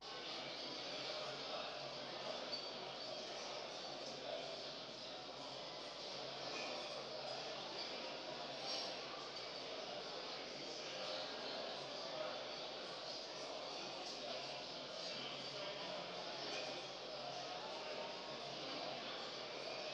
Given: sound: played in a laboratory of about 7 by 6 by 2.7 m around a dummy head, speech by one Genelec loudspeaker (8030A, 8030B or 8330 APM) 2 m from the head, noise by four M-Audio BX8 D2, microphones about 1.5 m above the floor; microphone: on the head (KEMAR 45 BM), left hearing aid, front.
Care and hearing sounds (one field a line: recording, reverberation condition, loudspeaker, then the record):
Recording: cafeteria noise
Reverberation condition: high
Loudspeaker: four, about 170 cm from the corners of the room and facing them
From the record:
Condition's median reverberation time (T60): about 1300 ms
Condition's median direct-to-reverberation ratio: about -4.0 dB